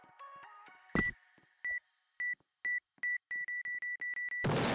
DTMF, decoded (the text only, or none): none